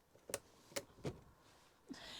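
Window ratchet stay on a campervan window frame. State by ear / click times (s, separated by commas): seated / 0.3 s, 0.8 s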